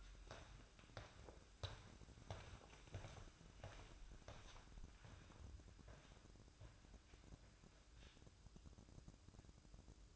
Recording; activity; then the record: daily activity, microphone in the room; walk to room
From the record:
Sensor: 2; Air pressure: 1008.0 hPa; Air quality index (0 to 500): 115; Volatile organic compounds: 1 ppm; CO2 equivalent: 858 ppm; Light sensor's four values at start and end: 7/16/6/6 and 7/16/7/6